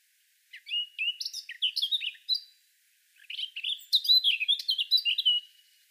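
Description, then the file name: Eurasian blackcap song: two rich warbling phrases of quick varied whistles and chirps, each about two seconds long, separated by a short pause. "Sylvia atricapilla"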